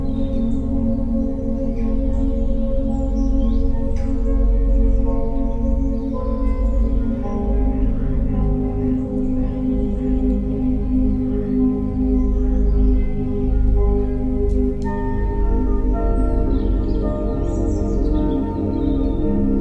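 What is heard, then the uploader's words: Music with forest sounds: a dense, sustained drone of ringing, bowl-like tones fills the low and middle range, shifting slowly in layers without a clear beat. Brief bird chirps flicker high above throughout, and the overall level stays steady. 432 Hz relaxing music with forest sounds.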